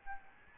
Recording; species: mosquito wingbeat signal from an infrared sensor; Aedes albopictus